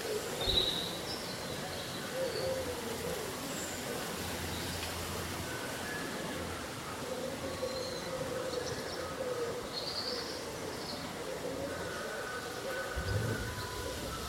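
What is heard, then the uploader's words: Leaves rustle in a steady breeze while birds chirp in short, bright bursts every few seconds. A low rumble runs underneath throughout, and a thin humming tone, like a passing vehicle, rises in the last few seconds. Breezy Summer Day Rustling Leaves and Birdsong.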